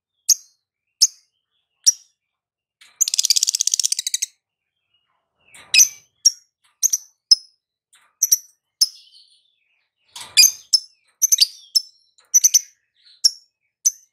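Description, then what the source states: Lovebird chirps: sharp, high single chirps spaced about a second apart, a dense buzzy trill near three seconds, then clusters of quick chirps. Lovebird singing in the 'konslet' song style; used as a masteran (training) recording.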